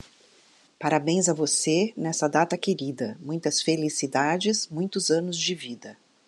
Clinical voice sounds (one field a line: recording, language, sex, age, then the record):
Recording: short text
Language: Brazilian Portuguese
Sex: female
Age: 60 to 69 years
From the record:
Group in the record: control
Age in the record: 60 years